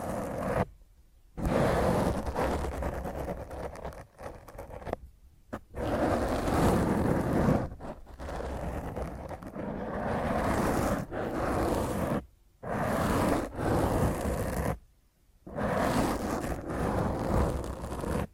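Harsh fingernail scratching on a microphone, dense rumbling bursts broken by brief silent gaps every few seconds.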